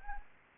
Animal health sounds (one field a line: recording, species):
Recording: mosquito wingbeat signal from an infrared sensor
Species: Anopheles arabiensis